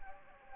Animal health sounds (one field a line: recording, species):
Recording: mosquito wingbeat signal from an infrared sensor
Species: Anopheles gambiae